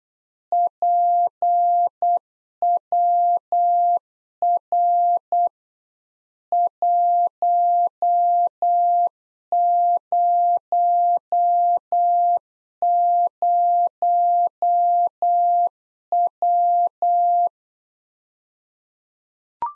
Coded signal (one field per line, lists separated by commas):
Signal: Morse code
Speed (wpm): 8 wpm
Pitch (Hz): 700 Hz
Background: none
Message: PWR 100W